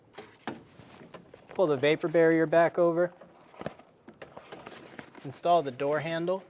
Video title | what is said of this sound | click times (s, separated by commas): How to Replace Rear Window Regulators 2000-2007 Ford Focus | Install the connector. Push until you hear a click. | 0.5 s